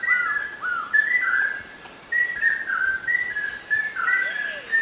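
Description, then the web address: Chestnut-headed crake: a quick series of clear, overlapping whistles, ending with a soft descending note. Recorded in Ecuador. "Birds of Ecuador. Chestnut headed Crake"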